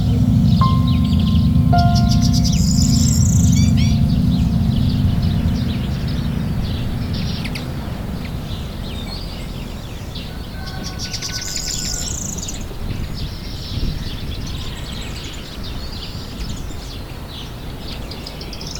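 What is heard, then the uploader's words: Birds chirp and trill in bright bursts over a steady low rumble that eases after five seconds, with a few faint held notes early. Relaxing Nature Sounds with Piano.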